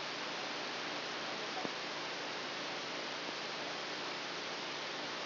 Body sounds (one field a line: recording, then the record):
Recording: brain microelectrode recording played as sound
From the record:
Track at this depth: inside the subthalamic nucleus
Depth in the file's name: 2.311 mm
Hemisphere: left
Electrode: 2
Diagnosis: Parkinson's disease